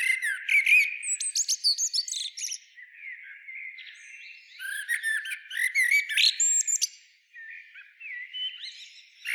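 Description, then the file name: Common blackbird giving a busy run of squeaky, twittering and whistled notes, loud bursts separated by quieter warbling. "Turdus merula"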